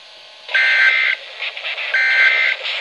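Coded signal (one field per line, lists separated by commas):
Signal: Emergency Alert System (SAME) tones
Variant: end-of-message bursts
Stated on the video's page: Real EAS Severe Thunderstorm Warning.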